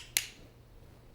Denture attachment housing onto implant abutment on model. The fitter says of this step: snap into place now hopefully in your mouth it won't make that noise